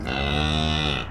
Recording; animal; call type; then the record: contact call of a hoofed animal; cattle; low-frequency (closed-mouth) or high-frequency (open-mouth) call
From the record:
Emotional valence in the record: negative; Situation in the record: full separation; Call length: 1.11 s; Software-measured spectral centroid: 2300 Hz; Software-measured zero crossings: 2780 a second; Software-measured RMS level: -24 dBFS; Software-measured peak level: -10 dBFS